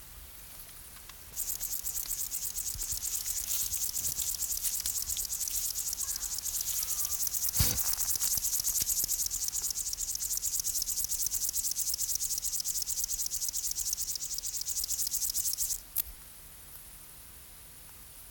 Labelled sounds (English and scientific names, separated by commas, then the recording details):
Upland Field Grasshopper (Chorthippus apricarius) stridulation
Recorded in the wild
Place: Treuchtlingen, Heumöderntal, Bayern, DE
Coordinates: 48.96, 10.91
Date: 1993-09-02
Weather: 18°C
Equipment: Marantz CP 430, Sennheiser MKH 416 T, Kopie Uher Variocord 263
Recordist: Tembrock, Günter